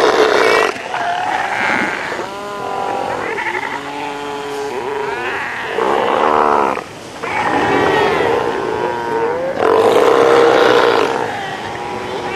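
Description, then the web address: South American sea lion calls: overlapping hoarse bleats and lower harmonic moans in several long bursts, one ending in a steady drawn-out tone. "earth naturelibrary assets s so south american sea lion"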